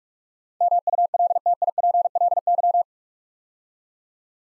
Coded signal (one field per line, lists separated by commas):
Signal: Morse code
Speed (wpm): 44 wpm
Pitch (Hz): 700 Hz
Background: none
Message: MULTIPLY